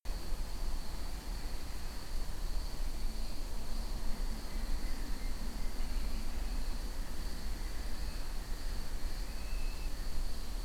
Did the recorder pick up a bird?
yes